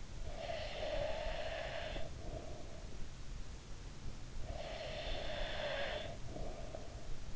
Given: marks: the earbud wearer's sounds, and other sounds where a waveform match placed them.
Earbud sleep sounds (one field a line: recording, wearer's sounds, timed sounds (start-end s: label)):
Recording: sounds in sleep by an in-ear microphone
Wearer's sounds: breath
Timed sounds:
0.10-2.91 s: breath
4.13-7.36 s: breath